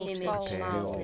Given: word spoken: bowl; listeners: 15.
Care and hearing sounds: one English word in noise, from a listening test; four-talker babble; -2.6 dB; 0 of 15; 10 of 15; 0.64 s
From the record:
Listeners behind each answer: 10, 2, 1, 1, 1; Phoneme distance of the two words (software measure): 37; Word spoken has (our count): 1 syllable, 3 phonemes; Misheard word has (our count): 2 syllables, 4 phonemes, stress on syllable 1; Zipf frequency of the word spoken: 4.69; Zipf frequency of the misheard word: 4.64

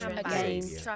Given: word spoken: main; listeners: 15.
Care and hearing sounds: one English word in noise, from a listening test; four-talker babble; -0.7 dB; 0 of 15; 6 of 15; 0.56 s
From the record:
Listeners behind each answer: 6, 3, 1, 1, 1, 1, 1, 1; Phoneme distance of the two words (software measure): 20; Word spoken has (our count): 1 syllable, 3 phonemes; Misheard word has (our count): 1 syllable, 3 phonemes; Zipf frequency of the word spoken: 5.14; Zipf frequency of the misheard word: 5.61

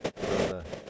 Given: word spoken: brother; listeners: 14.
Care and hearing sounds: one English word in noise, from a listening test; noise modulated by three-talker babble; -5.4 dB; 3 of 14; 6 of 14; 0.50 s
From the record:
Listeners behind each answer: 6, 3, 1, 1, 1, 1, 1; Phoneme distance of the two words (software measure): 27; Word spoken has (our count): 2 syllables, 5 phonemes, stress on syllable 1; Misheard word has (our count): 2 syllables, 4 phonemes, stress on syllable 1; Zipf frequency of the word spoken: 5.01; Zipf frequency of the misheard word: 4.93

